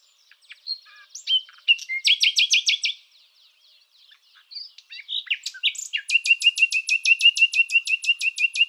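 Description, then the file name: Common nightingale singing varied phrases: scratchy notes, a quick burst of repeated chirps, soft twitters, then a long series of loud, evenly repeated whip-like notes. "Luscinia megarhynchos. Trilar"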